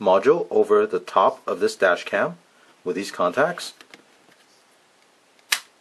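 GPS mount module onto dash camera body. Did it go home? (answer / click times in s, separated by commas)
yes / 5.5 s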